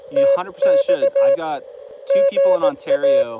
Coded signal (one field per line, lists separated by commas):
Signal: Morse code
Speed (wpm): 17 wpm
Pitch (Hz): 550 Hz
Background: speech, radio noise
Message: TX GA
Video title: Fort Deseret Utah POTA